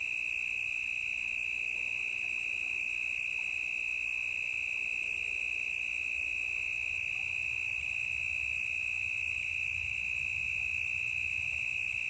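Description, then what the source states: Cricket calling, a dense continuous high-pitched trill without pauses, steady throughout, over faint low rumble. Intense cricket chirping in the forest, recorded in stereo.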